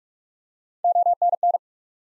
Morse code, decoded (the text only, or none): ONN